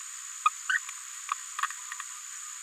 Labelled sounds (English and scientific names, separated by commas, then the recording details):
Green-rumped Parrotlet (Forpus passerinus) babbling
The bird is a female
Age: 27 days
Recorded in a nest box in Venezuela
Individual 17B73B2